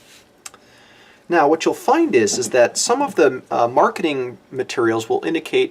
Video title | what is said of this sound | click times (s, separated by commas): Technique Demo Pick up LOCATOR® Denture Caps using Zest's CHAIRSIDE® Attachment Processing Mate | and we're going to twist it until it locks into place | 0.5 s